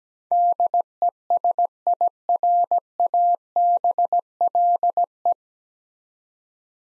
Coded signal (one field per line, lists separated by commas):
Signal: Morse code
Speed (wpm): 17 wpm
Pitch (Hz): 700 Hz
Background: none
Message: DESIRABLE